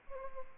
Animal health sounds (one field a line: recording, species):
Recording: mosquito wingbeat signal from an infrared sensor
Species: Anopheles arabiensis